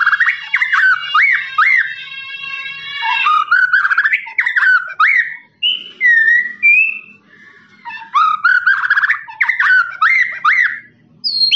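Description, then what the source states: Lovebird song of harsh, rising squeaks and rapid chatter in bursts, with a short stretch of buzzy repeated notes and brief pauses between phrases. Long "ngekek" trilling song used as master recording for training birds.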